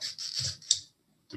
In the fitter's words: squeeze to an audible click deploy